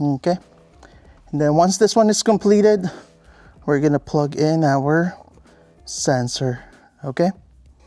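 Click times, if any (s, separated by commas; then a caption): none. Someone talks over faint background music while preparing to plug a security sensor's plastic plug into the Y harness during a Protect X install on a 2022 Toyota 4Runner. Only handling is heard; the plug has not seated or clicked into the harness yet.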